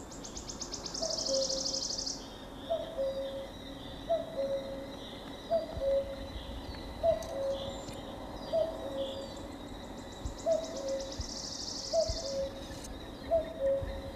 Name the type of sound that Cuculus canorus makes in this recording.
song